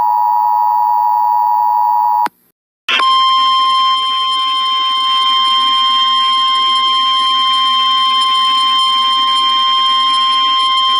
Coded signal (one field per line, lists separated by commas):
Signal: Emergency Alert System (SAME) tones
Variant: 853 and 960 Hz attention tone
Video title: EAS Severe T-Storm Warning For St. Louis Mo On 07-15-20.